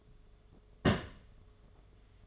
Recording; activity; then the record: daily activity, microphone in the room; place on stove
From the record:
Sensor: 4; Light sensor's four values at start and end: 220/573/242/253 and 220/574/242/254